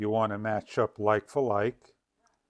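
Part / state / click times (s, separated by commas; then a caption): battery lead connector into the RC car's power lead connector / not seated / none. Someone talks while handling the plastic battery lead connector of a DEERC DE45 1:14 off-road RC monster truck, squeezing its clip and matching the two halves like for like to push it into the car's power lead connector. Nothing has seated or clicked yet; the clip ends just before the connector goes home.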